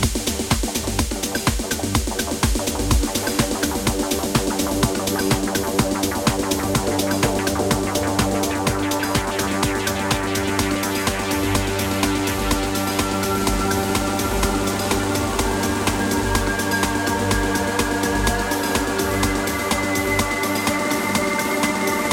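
A techno track runs at a steady, fast pulse, with a heavy, booming low end and dense layered synths packed above it. The loudness stays constant throughout, and in the last few seconds a thin, high sustained tone rises over the beat.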